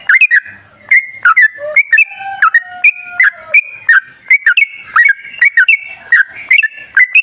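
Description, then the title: Yellow-vented bulbul chirping: short, sharp notes dropping in pitch, tumbling in quick uneven runs, no other sounds. Lively (gacor), rapid (ropel), wild-style (ngalas) trucuk song, used as a lure to make trucuk birds sing. "GACOR Ropel Ngalas Pancingan Trucukan Agar Bunyi Jadikan Burung Trucuk"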